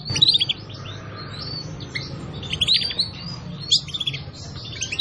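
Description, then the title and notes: Canary song, a quick sequence of high chirps and short trills, bright and twittering, over soft low background hum. Song used as a lure to attract birds. "Pikat Burung Baru. kenari"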